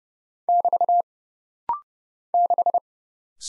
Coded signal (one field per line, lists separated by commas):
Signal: Morse code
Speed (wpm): 30 wpm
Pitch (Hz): 700 Hz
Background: none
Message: <BT> 6